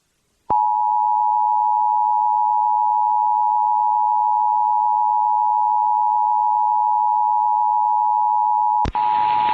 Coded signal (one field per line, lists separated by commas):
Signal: Emergency Alert System (SAME) tones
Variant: 853 and 960 Hz attention tone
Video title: National EAS Test Compilation (August 7, 2019, NYC)